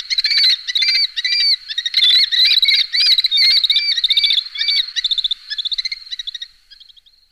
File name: kobchik golos